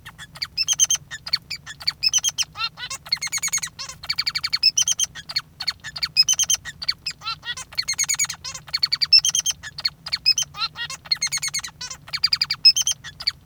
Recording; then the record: song of a male Bengalese finch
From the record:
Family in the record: father 3